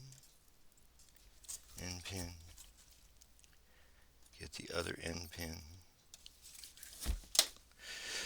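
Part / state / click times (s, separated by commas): edge connector onto circuit board / seated / 7.4 s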